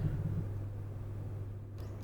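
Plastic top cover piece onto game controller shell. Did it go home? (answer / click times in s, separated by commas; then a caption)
no / none. During reassembly of an Xbox controller fitted with an LED light kit, the plastic piece that goes over the top is handled and pressed back toward the controller shell. A steady low hum and soft background noise run throughout, with no distinct sharp sounds. Nothing has seated or clicked yet.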